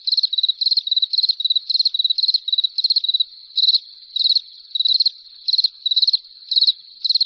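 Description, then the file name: Cricket chirping, high pulsed trills in short bursts, roughly two per second, steady throughout with a single faint click near the end. "grillons"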